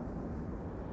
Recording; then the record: background sound without coughing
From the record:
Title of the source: Train Ride Ambience ambient white noise for sleeping, focus, studying, reading